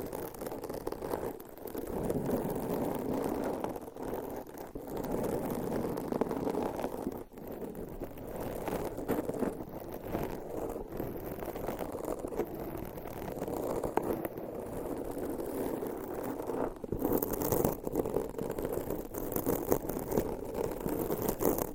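Nails and covers scratch against a microphone in a dense, continuous rubbing rasp, heaviest in the low-middle range. Quick streaky strokes run throughout, with sharper, brighter scrapes near seven seconds and again around seventeen to eighteen seconds.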